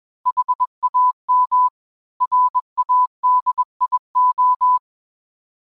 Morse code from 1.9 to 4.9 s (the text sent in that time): RADIO